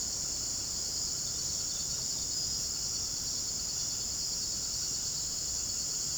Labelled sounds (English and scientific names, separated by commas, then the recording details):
none
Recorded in pastures near Puerto Asís, Putumayo, Colombia, on 30 June 2025 at 18:30
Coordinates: 0.497, -76.327
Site G040